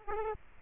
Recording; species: mosquito wingbeat signal from an infrared sensor; Aedes aegypti